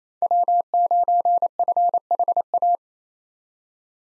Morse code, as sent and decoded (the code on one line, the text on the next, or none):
.-- ----. ..-. .... .-
W9FHA